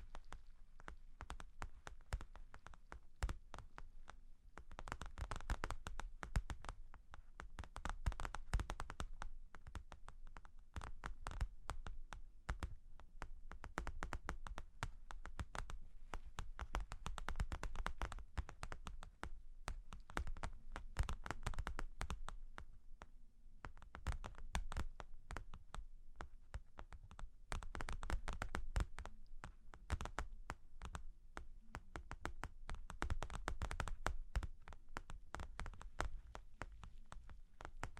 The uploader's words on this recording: Long Claws Tapping and Scratching (No Talking).